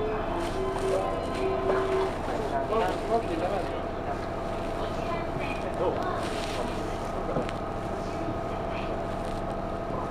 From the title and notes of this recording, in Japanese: 中央東線普通 大月→高尾。四方津駅で特急の通過待ちで9分停車します。